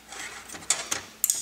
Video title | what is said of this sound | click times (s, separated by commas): Replacement - Door lock actuator - HONDA CRV | it in, snaps into place. | 1.2 s, 1.3 s